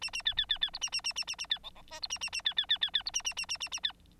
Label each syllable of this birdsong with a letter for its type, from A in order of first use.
A A B B B B C A A A A A A B D D E C A A A B B B B B C A A A A A A B